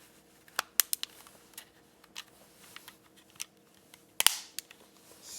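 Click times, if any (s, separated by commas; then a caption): 0.8 s, 4.2 s. Plastic bumper panels (LB and RB) are lined up and snapped onto an Xbox Series X controller shell, with light plastic ticks and handling noise around two loud, sharp snaps. The panels click into place at about 0.8 s and 4.2 s, seated.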